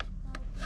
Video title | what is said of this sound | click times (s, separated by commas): Coyote Swapped Cobra: Epic Parts Haul Revealed | And it should just snap in place if it's like the others. | 0.0 s, 0.4 s